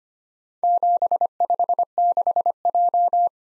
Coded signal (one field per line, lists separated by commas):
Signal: Morse code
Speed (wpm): 25 wpm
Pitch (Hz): 700 Hz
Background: none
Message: 756J